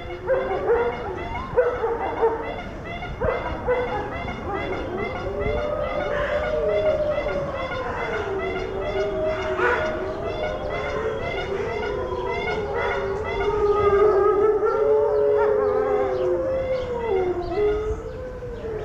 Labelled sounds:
Gray Wolf (Canis lupus) howling
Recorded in captivity
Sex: group
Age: adult
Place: Zoo Berlin, Berlin, DE
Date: 1984-08-18 13:37
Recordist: Tembrock, Günter

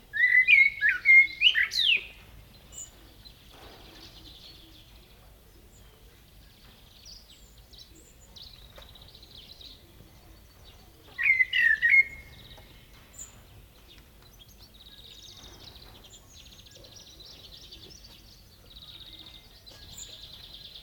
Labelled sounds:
Common Blackbird (Turdus merula) song
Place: Serrahn, Mecklenburg-Vorpommern, DE
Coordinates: 53.6673, 12.3475
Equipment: NAGRA III BH, Sennheiser MD21
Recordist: Schubert, Michael

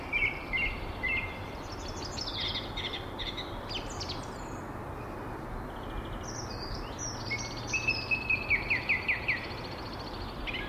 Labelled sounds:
Song Thrush (Turdus philomelos) song
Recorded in the wild
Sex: male
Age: adult
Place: Erlangen, NSG Brucker Lache, Bayern, DE
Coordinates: 49.5644, 11.0131
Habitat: forest
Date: 1962-03-28
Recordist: Tretzel, Erwin

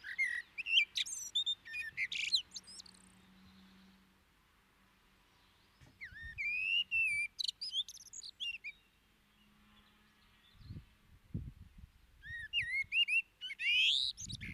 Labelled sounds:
Common Blackbird (Turdus merula) song
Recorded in the wild
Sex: male
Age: adult
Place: Garmisch-Partenkirchen, Bayern, DE
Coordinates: 47.4892, 11.1514
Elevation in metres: 936
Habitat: mountains
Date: 1973-04-28
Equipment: Nagra IV, Sennheiser MKH 405, Parabolreflektor
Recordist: Tretzel, Erwin

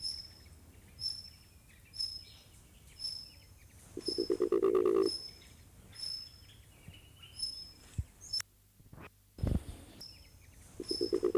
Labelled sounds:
Mindanao Bleeding-heart (Gallicolumba crinigera) call
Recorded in captivity
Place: Tiergarten Wilhelma/Stuttgart, Baden-Württemberg, DE
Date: 2005-03-14 11:11
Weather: fair, 4-8°C
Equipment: Sony WM-D6C, Sony ECM-MS 907, Kopie Uher 4000 Report Monitor
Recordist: Tembrock, Günter

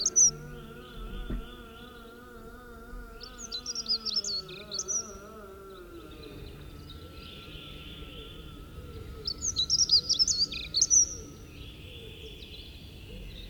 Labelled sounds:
Dunnock (Prunella modularis) song
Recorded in the wild
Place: Boldevitz, Insel Rügen, Mecklenburg-Vorpommern, DE
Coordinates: 54.441, 13.335
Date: 1972-04-15
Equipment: Nagra III BH, Sennheiser MD 21, parabola
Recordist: Schubert, Michael

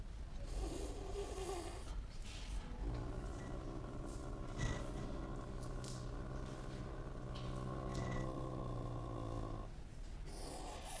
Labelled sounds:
Caracal (Caracal caracal)
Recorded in captivity
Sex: male
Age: adult
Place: Zoo Berlin, Berlin, DE
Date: 1958-12-02 17:00
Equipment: Reporter (Vollspur)
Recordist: Tembrock, Günter
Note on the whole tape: Männchen: Knurren und Fauchen gegen Beobachter

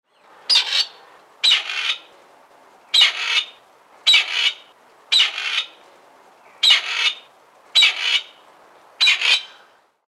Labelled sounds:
Grey Partridge (Perdix perdix)
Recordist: Tembrock, Günter
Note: Rufe

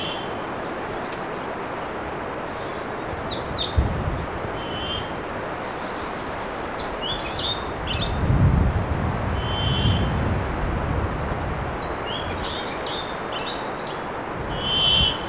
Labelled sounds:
Brambling (Fringilla montifringilla)
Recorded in the wild
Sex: male
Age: adult
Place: Halbinsel Kindo, Karelien, RU
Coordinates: 66.5525, 33.1033
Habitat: taiga
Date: 1996-06-10
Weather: fair, ca. 10°C, moderate winds
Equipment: Sony TCD-D3, Sennheiser MKH 70, Windkorb
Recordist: Frommolt, Karl-Heinz

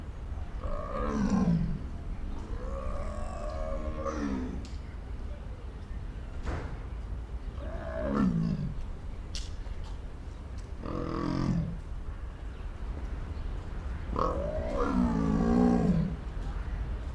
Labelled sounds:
Leopard (Panthera pardus)
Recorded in captivity
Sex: male
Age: adult
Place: Zoo Berlin, Berlin, DE
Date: 1993-03-06 12:34
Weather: 3-6 °C, heiter bis wolkig
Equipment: Marantz CP 430, Sennheiser ME 80, Kopie Uher Variocord 263
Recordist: Tembrock, Günter

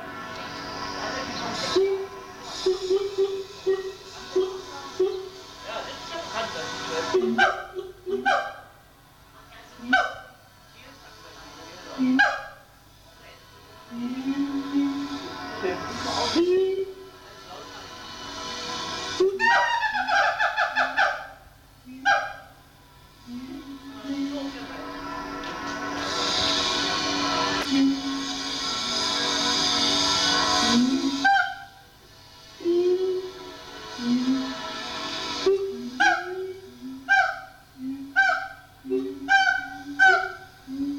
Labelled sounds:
Siamang (Symphalangus syndactylus)
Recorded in captivity
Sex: pair
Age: adult
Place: Zoo Berlin, Berlin, DE
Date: 1984-08-03
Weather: bedeckt, heiter, Regen, 20°C
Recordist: Tembrock, Günter
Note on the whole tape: Paar: Rufreihen, Duette, dann Laute bei Kopula, diese bis zum Schluß. Nach Ansage durch G.Tembrock ist die Aufnahme vom 10.8.84 (Unterschied zur Bandbeschriftung). In der Aufnahme sind Knackgeräusche

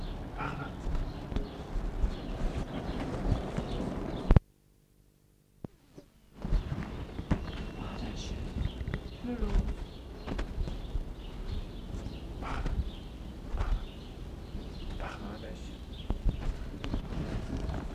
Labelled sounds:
Snow Leopard (Uncia uncia) defence call
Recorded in captivity
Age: adult
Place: Zoo Dresden, Sachsen, DE
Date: 1960-07-18 19:30
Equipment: Reporter, Vollspur
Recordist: Tembrock, Günter

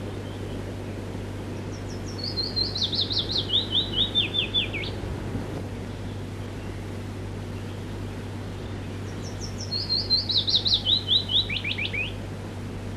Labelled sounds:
Willow Warbler (Phylloscopus trochilus) song
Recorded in the wild
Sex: male
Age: adult
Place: Friedrichsmoor, Landschaftsschutzgebiet Lewitz, Mecklenburg-Vorpommern, DE
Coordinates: 53.4572, 11.5731
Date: 1965-05-21 10:27
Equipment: Grundig TK 4, BG 20/6 - 19 cm/s
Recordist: Schubert, Michael

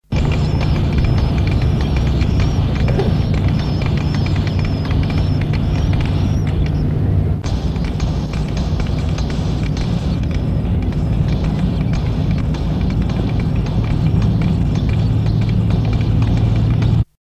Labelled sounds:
Eurasian Wryneck (Jynx torquilla) call
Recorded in the wild
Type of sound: call
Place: Sonnenborstel (Steimbke), Niedersachsen, DE
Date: 1963-07-02
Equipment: Halbspur, 9,5 cm/s
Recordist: Lütgens, Hans
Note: Rufe

